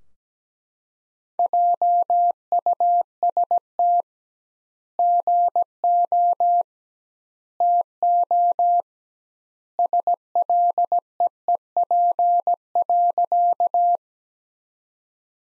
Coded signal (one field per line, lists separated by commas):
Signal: Morse code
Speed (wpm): 17 wpm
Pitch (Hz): 700 Hz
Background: none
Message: JUST GO TO SLEEP.